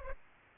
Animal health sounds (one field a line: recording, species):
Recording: mosquito wingbeat signal from an infrared sensor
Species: Aedes aegypti